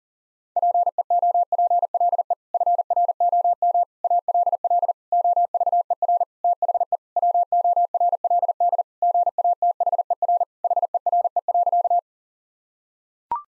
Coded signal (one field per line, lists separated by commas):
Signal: Morse code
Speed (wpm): 37 wpm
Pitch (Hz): 700 Hz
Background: none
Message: PEOPLE FROM ALL OVER THE WORLD GATHER HERE.